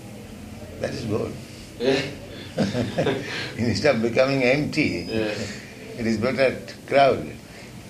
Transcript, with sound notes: That is good.
Yeah! [laughter]
Instead of becoming empty, it is better crowded.